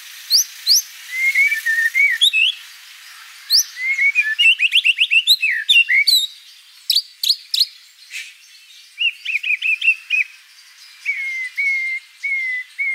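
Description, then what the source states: White-rumped shama song with high, thin whistles and bursts of fast chipping notes, sliding phrases repeated at uneven intervals. Song used as a lure for trapping or training.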